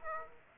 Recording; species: mosquito wingbeat signal from an infrared sensor; Aedes aegypti